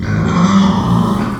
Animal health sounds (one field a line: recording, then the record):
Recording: squeal of a Yucatan mini pig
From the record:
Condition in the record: after surgery on the right vocal fold (resection and tissue-engineered implant)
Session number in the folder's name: 16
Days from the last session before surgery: 183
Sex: female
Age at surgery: 19 weeks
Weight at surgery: 25 kg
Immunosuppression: prednisolone